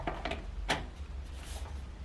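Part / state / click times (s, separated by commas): liquid tank into handheld sprayer body / not seated / none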